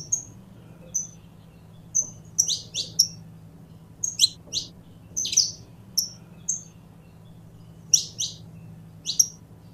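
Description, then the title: Domestic canary singing brisk, sharp chirps and quick downward-swept notes, some paired, spaced unevenly with brief pauses, a faint low hum underneath. Portuguese canary breed. "Kenari Portugis"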